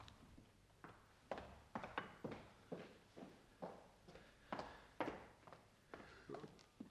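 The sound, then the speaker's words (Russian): Steady footsteps of a sleepless man pacing from corner to corner in a hall at night, about two firm, even steps per second, with slight swells and dips in loudness as he turns. No voices are heard. “Он шагает из угла в угол.”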